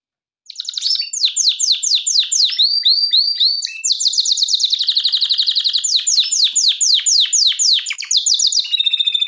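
Canary singing a rapid run of sweeping, repeated high notes that shift into a dense buzzing trill, then back to quick downward-sliding syllables.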